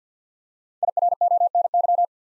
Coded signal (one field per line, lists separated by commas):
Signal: Morse code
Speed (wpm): 50 wpm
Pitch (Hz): 700 Hz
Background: none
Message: IRONY